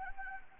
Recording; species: mosquito wingbeat signal from an infrared sensor; Anopheles gambiae